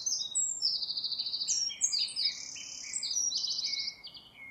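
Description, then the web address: Bird calls: a dense run of very high, rapid chirps and buzzy notes, several overlapping, with lower whistled notes toward the end, over a low hiss. "cianscape birddata Deverinetal 2025"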